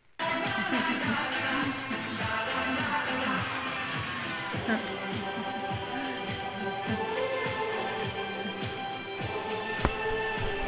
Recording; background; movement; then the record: laughter; music; sitting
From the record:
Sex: female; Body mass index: 25.5 kg/m2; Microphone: on the chest, facing the body